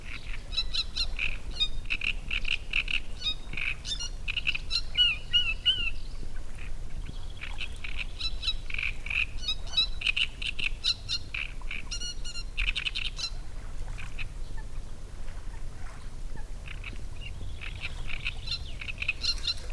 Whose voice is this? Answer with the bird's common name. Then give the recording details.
Great Reed Warbler. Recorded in the wild. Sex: male. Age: adult. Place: Müggelsee, Berlin, DE. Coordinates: 52.43, 13.64. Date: 1991-06-07 18:55. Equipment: Uher 4400 Report Monitor, Sennheiser ME 80, K 30 AV. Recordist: Fischer, Stefan. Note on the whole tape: Schilfbestand Müggelsee-Perle: Gesang - wohl nicht verpaart